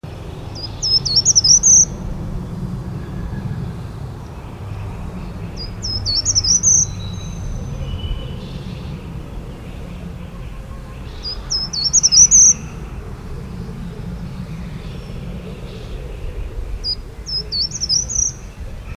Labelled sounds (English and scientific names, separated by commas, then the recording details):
Short-toed Treecreeper (Certhia brachydactyla) song
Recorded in the wild
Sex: male
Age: adult
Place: Halle (Westfalen), OT Tatenhausen, Nordrhein-Westfalen, DE
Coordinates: 52.0439, 8.325
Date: 1973-04-15
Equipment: Uher 4200 Report Stereo, Bändchenmikro Beyer M 260, Parabolspiegel Polyester (600 mm)
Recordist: Conrads, Klaus
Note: Schloß Tatenhausen. Gesang. Hintergrundrauschen